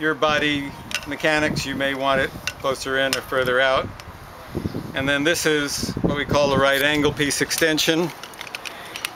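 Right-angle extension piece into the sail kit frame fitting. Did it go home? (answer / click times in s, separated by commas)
yes / 9.0 s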